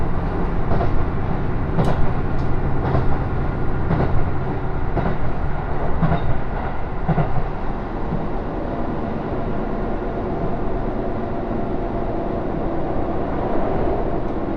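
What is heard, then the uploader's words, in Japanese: A local train on the Takayama Main Line rolls along with a steady low rumble, rail-joint clacks recurring about once a second early on, then smoother running. 高山本線普通 上呂→下油井。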